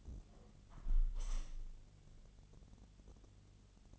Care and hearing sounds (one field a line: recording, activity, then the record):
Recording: daily activity, microphone in the room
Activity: close window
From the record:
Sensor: 4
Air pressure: 1015.8 hPa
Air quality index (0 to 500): 102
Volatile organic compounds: 2 ppm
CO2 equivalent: 1141 ppm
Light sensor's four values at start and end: 9/20/8/7 and 9/20/8/7